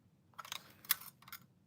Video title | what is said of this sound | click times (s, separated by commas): Tuesday Evening Jewelry Sale, Part 1 | It locks in place. Here's a snap. | 0.9 s